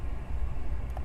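The extractor is pushed back into an M1 Garand rifle bolt by pressing down on the handle of a bolt disassembly tool. Steady low rumble fills the clip until a short, sharp click at 0.97 s as the extractor snaps home and seats, putting the bolt back together.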